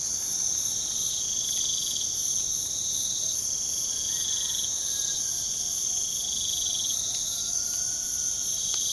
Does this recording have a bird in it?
yes